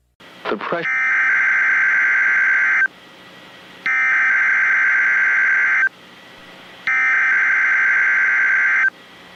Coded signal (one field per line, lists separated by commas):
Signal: Emergency Alert System (SAME) tones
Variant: header bursts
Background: speech